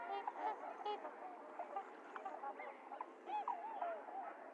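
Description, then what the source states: Trumpeter swans calling in a group, soft honks and bent, bugling notes overlapping over a steady chorus. Recorded 28 January 2022; several swans; low frequencies filtered out.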